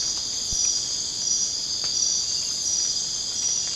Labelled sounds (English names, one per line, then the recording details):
none
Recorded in secondary vegetation near Puerto Asís, Putumayo, Colombia, on 27 June 2025 at 01:00
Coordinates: 0.484, -76.319
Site G074